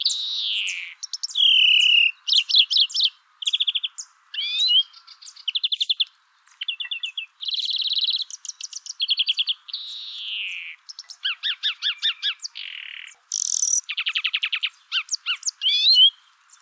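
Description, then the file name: European greenfinch twittering: a rapid, varied run of high trills, buzzy notes and chirps in quick succession, with brief pauses between phrases. "Chloris chloris"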